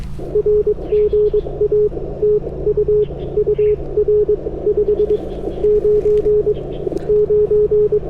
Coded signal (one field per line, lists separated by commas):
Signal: Morse code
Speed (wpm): 22 wpm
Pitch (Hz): 420 Hz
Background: radio noise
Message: R GA TU UR 599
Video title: Japan POTA - IC-705 Back to its Birthplace (My Layover Was Tokyo)